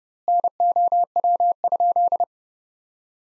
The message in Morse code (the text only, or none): NOW?